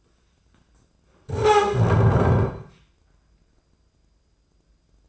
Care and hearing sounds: daily activity, microphone in the room; stand up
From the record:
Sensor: 2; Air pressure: 995.8 hPa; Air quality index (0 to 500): 242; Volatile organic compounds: 1000 ppm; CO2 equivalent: 5974 ppm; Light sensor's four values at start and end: 26/63/28/31 and 25/58/26/29

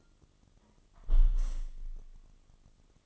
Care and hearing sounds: daily activity, microphone in the room; close window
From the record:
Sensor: 4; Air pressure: 1005.5 hPa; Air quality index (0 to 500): 93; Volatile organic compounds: 2 ppm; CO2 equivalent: 1141 ppm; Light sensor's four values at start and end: 13/29/11/11 and 13/29/11/11

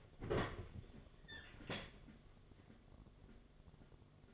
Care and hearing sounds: daily activity, microphone in the room; open fridge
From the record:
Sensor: 4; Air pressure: 1005.5 hPa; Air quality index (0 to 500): 173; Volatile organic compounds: 4 ppm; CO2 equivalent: 1699 ppm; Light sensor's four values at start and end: 6/12/5/4 and 5/11/4/4

